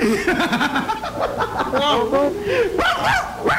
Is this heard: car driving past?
no